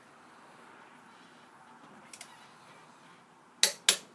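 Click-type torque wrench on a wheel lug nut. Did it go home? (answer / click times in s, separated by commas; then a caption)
yes / 3.6 s, 3.9 s. A click-type torque wrench set to 100 ft-lb tightens a wheel lug nut against a low steady background, with two faint ticks near 2.1 and 2.2 seconds. The wrench then breaks over with sharp, loud clicks at 3.6 and 3.9 seconds, showing the torque setting has been reached and it is time to stop.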